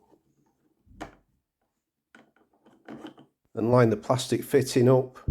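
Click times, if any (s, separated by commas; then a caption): none. A plastic spout is slid down through the hole in a Bosch Tassimo coffee machine housing and lined up, with a knock near 1.0 s and light taps and rubbing between about 2.1 and 3.0 s. Someone then talks over the rest of the clip. Nothing has clipped or seated yet; the fitting is clipped home later.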